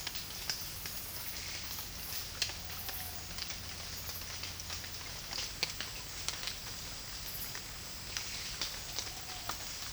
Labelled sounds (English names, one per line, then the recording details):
none
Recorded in dense forest near Puerto Asís, Putumayo, Colombia, on 21 March 2025 at 13:30
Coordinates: 0.484, -76.317
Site G064